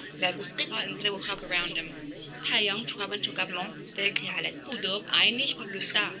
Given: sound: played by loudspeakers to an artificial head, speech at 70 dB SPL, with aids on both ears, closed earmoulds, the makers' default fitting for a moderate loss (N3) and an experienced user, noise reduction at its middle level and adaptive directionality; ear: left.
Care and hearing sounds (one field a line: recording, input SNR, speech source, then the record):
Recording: speech test signal (ISTS) in cocktail-party noise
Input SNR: 0 dB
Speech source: in front (0 degrees)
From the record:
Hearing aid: class 1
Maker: C